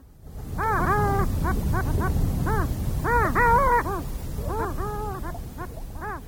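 Long-tailed duck giving nasal, yodelling calls in short bursts of rising and falling notes over a low rumbling background.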